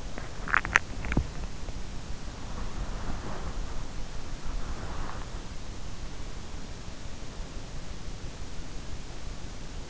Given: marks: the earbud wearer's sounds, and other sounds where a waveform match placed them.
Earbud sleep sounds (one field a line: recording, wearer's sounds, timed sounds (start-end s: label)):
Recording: sounds in sleep by an in-ear microphone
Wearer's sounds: swallowing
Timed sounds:
0.00-1.55 s: swallowing